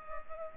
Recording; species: mosquito wingbeat signal from an infrared sensor; Culex pipiens